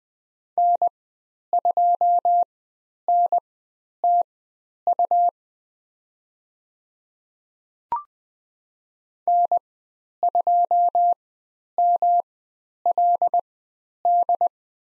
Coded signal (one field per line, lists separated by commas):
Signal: Morse code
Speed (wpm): 20 wpm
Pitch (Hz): 700 Hz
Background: none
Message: N2NTU N2MLD